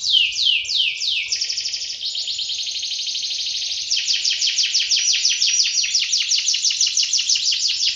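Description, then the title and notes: Canary song made of fast rolling trills: rapid descending notes, then a long buzzy trill, then a steady run of quick repeated chirps, all high-pitched and continuous. Master canary song (kenari masteran), described as solid (mantap). "Suara Burung Kenari Masteran. master suara burung kenari mantap"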